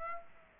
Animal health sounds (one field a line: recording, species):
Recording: mosquito wingbeat signal from an infrared sensor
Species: Aedes aegypti